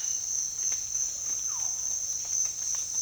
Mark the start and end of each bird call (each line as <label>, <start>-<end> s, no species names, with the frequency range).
bird call (0.1-2.2 kHz), 1.33-1.73 s